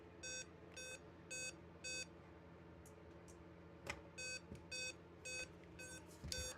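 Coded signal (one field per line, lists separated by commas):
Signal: beep code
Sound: four short buzzy beeps, a two-second pause, then another run of short beeps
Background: small room, faint clicks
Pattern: 4 short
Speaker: We now have a beat code, but I think this is probably because it's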